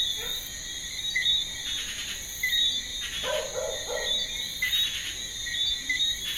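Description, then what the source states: Crickets trilling in an unbroken high chorus, with short chirpy whistles and a few barks mixed in. Evening garden, outskirts of Ajoupa-Bouillon, Martinique, 8.25 PM, 7 March 2016; with barking dog and Eleutherodactylus frogs; Sony PCM D50, FEL preamp, RODE NT4.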